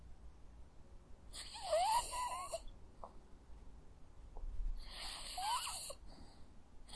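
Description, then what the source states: Dog snoring, two rough breaths a few seconds apart, each carrying a brief rising squeaky whistle, with small ticks in the quiet between. Dog sleeping.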